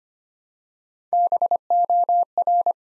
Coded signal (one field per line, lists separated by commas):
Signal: Morse code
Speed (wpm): 25 wpm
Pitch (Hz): 700 Hz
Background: none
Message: BOR